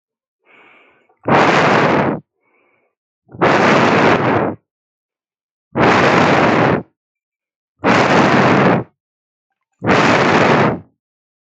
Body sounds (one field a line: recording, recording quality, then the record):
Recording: shallow breathing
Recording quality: excellent, no background noise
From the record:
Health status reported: healthy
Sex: male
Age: 21 years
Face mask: not worn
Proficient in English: no